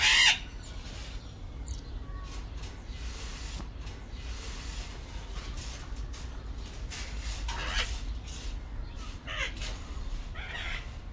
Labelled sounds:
Golden-collared Macaw (Primolius auricollis) call

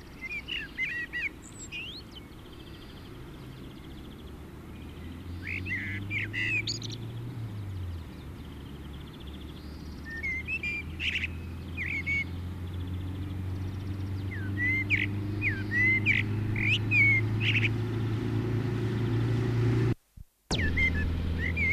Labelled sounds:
Common Blackbird (Turdus merula) song

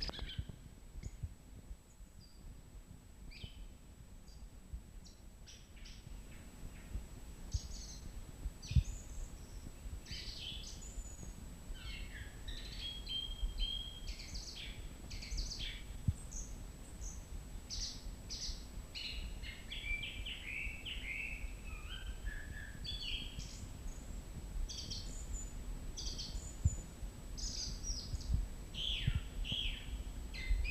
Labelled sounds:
Song Thrush (Turdus philomelos) song

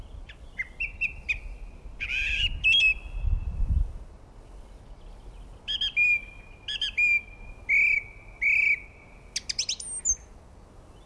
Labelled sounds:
Song Thrush (Turdus philomelos) song

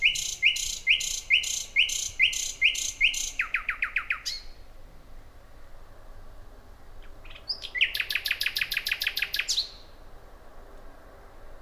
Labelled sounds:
Common Nightingale (Luscinia megarhynchos) song

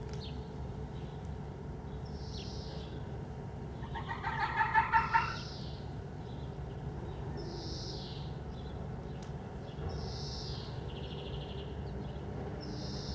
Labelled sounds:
Corsac Fox (Vulpes corsac) barking

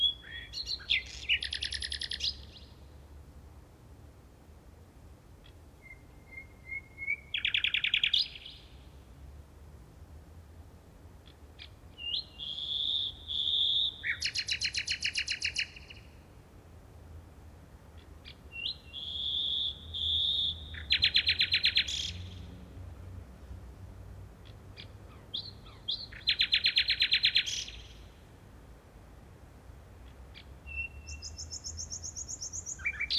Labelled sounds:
Common Nightingale (Luscinia megarhynchos) song

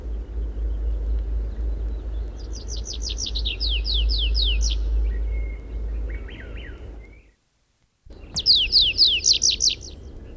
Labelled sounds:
Tree Pipit (Anthus trivialis) flight song

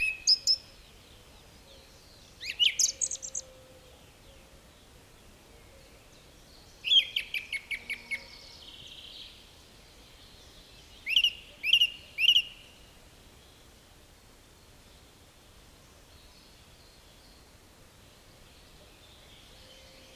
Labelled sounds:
Song Thrush (Turdus philomelos) song

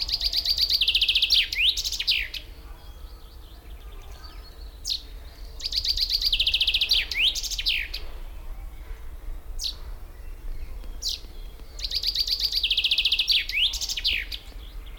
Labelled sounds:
Common Chaffinch (Fringilla coelebs) song

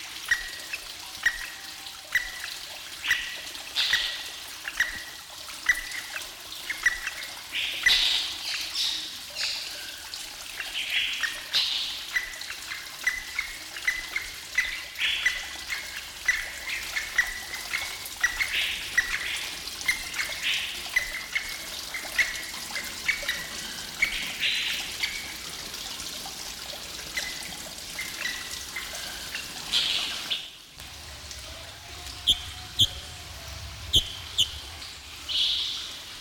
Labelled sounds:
Crested Partridge (Rollulus rouloul) call

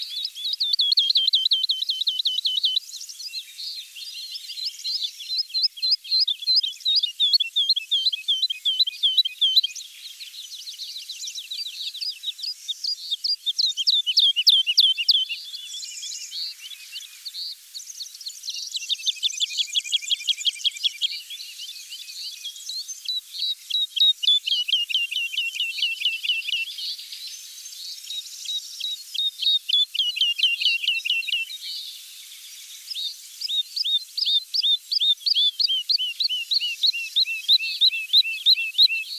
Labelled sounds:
Wood Lark (Lullula arborea) song

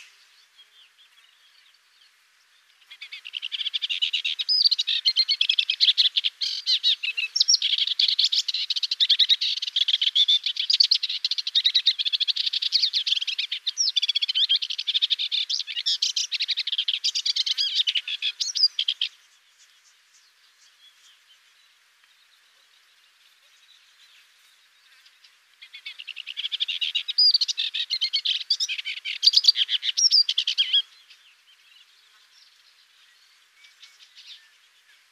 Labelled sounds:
Sykes's Warbler (Iduna rama) song

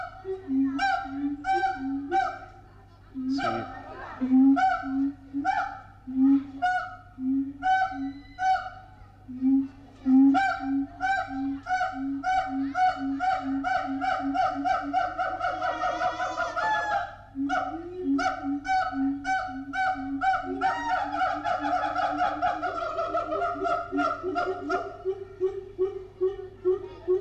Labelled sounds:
Siamang (Symphalangus syndactylus)

